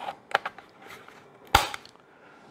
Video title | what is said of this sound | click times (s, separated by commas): A must-have small lawn mower for beginners! | we'll slide our battery in here snaps in place | 0.4 s, 1.6 s